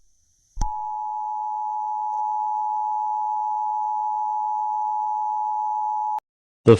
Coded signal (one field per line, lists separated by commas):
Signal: Emergency Alert System (SAME) tones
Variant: 853 and 960 Hz attention tone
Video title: EAS Scenario 2: Transfur Infection (collab with VES2446)